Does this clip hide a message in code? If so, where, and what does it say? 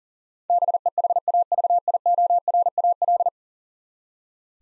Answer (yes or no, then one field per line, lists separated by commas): yes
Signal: Morse code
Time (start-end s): 0.5-3.3 s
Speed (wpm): 40 wpm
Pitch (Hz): 700 Hz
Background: none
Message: BEHAVIORAL